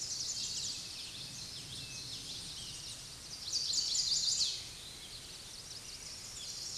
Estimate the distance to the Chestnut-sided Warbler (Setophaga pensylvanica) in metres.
about 15 m